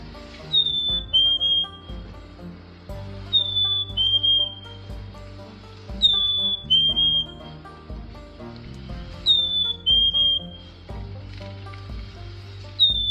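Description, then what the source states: Chickadee song, clear whistled two-note phrases, a higher note dropping to a lower one, repeated about every three seconds. The speakers' favorite chickadee sound, described as wee-woo and said to be probably the most commonly heard.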